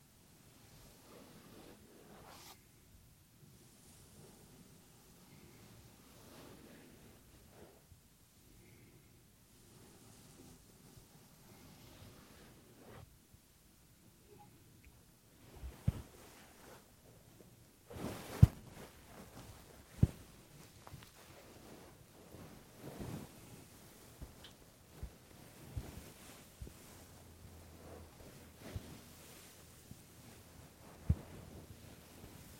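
Ear cleaning: soft, airy rustling and brushing stays low and steady for the first fifteen seconds. After that the scratching grows louder and busier, with irregular crackly rubs and sharp clicks, the strongest near 18, 20 and 31 seconds.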